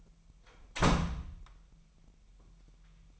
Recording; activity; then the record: daily activity, microphone in the room; close door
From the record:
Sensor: 1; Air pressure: 998.4 hPa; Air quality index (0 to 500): 131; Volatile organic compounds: 4 ppm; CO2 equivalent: 1570 ppm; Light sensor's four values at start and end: 19/62/25/25 and 19/62/25/25